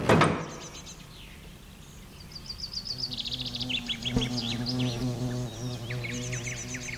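Wasps buzz around a nest in a fig tree in a steady, low droning hum that swells after a few seconds, while birds chirp in quick high trills above it.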